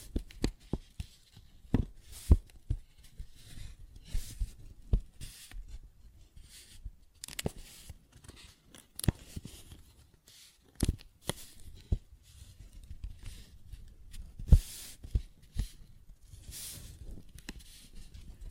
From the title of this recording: Paper Bag Tapping and Scratching Sounds